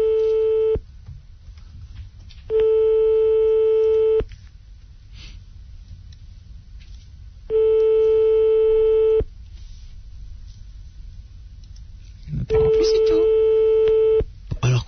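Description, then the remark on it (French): A telephone busy tone after a call is cut off sounds in four loud, steady mid-pitched bursts, each about a second and a half long, separated by quiet gaps with faint breathing and low rumble. “Chaque fois, nous entamons la discussion et ensuite le téléphone se coupe.”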